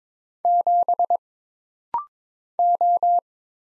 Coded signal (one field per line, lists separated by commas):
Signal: Morse code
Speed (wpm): 22 wpm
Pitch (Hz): 700 Hz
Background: none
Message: 7 O